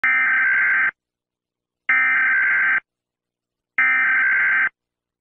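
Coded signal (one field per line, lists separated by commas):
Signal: Emergency Alert System (SAME) tones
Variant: header bursts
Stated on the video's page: Mock (simulated) Haitian EAS alarm, not a real broadcast.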